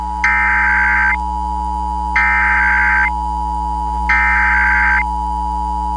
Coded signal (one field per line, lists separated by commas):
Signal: Emergency Alert System (SAME) tones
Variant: header bursts